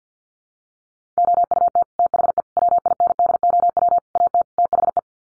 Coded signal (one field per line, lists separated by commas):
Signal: Morse code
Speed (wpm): 50 wpm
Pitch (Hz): 700 Hz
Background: none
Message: OUT THE WINDOW AT THE